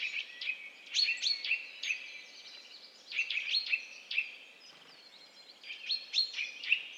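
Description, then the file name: Eurasian nuthatch producing clusters of sharp, high chirps separated by brief quieter gaps, with some faint overlapping notes. "Sitta europaea"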